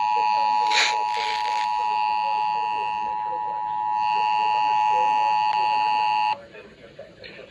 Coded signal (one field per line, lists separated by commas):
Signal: Emergency Alert System (SAME) tones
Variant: 853 and 960 Hz attention tone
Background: speech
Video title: EAS #177 Severe Thunderstorm Warning For MY COUNTY On KSCS-FM